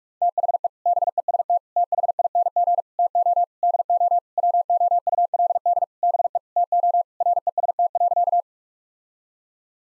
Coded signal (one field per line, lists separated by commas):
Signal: Morse code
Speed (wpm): 41 wpm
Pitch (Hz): 700 Hz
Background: none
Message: THE BEST THING TO DO WOULD BE TO REST.